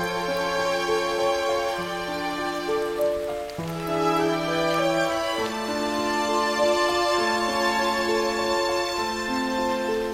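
Music plays over the steady hiss of rain. Sustained, held tones shift to new pitches every second or two, with low and mid notes layered into slow chords, while the dense, even patter of rain stays constant underneath at a level volume.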